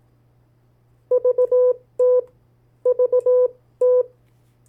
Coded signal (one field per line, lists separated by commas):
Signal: Morse code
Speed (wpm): 18 wpm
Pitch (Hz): 500 Hz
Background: none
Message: VT VT